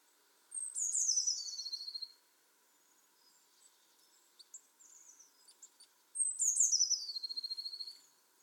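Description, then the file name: Eurasian blue tit calls twice, each a sharp falling high note running into a buzzy trill, with scattered soft chips between. "Cyanistes caeruleus"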